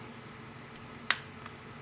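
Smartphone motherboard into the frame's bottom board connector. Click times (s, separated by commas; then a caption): 1.1 s. A Motorola Droid X2 smartphone's motherboard is pressed down onto the board-to-board snap-in connector at the bottom of the frame, giving one sharp, loud snap at 1.1 s followed by a faint tick at 1.5 s. The connector is seated with a good positive snap.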